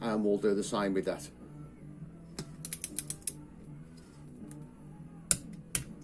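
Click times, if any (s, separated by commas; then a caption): 5.3 s. Someone talks while a click-type torque wrench tightens the diagonally opposite cylinder barrel bolt on an engine, working in a cross pattern. A run of short clicks follows between about 2.7 and 3.3 s, then a sharp, loud click at 5.3 s as the wrench reaches its set torque. A weaker click follows at 5.8 s.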